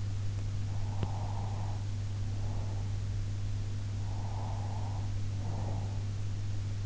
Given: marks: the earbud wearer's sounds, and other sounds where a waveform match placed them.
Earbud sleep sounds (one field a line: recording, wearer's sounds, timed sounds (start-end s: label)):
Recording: sounds in sleep by an in-ear microphone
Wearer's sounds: breath, teeth grinding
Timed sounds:
0.82-2.91 s: breath
0.94-1.16 s: teeth grinding
4.03-5.94 s: breath